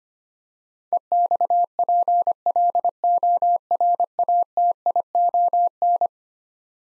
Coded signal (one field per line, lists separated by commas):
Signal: Morse code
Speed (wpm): 25 wpm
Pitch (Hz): 700 Hz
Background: none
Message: EXPLORATION